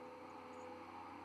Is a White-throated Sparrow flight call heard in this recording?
no